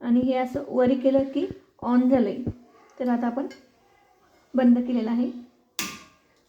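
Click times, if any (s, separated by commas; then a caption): 5.8 s. Someone talks while the regulator knob on an empty LPG cylinder is switched off. The gas regulator is then pulled off the cylinder's valve and releases with a single sharp click at 5.8 s, showing it has come off.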